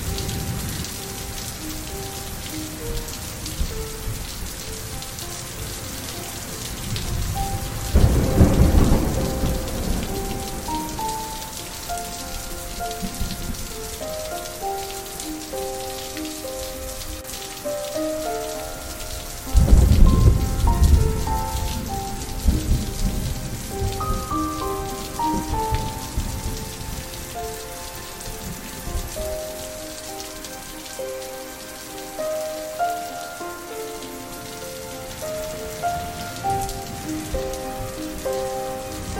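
Steady rain hisses throughout, even, over a soft run of gentle melodic notes that rise and fall in small steps. Two heavier surges of low rumbling rain swell up around eight and twenty seconds before settling back.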